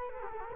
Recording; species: mosquito wingbeat signal from an infrared sensor; Culex quinquefasciatus